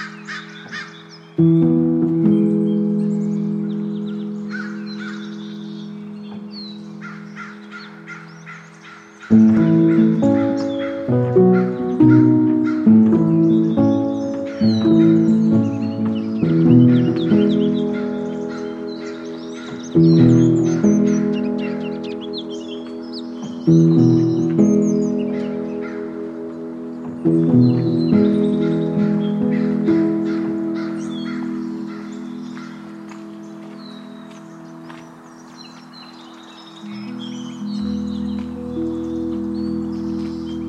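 Birds chirp and twitter throughout at Oaks Bottom along the Willamette River, thin and bright above a steady bed. Lower ringing tones sound in clusters, struck around 2, 10, 20, 24 and 27 seconds, each fading slowly, with a deeper hum entering near the end.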